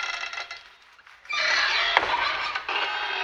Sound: footsteps and the door opens